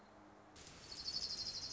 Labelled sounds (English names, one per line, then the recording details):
Orange-crowned Warbler
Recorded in Sonoma County, California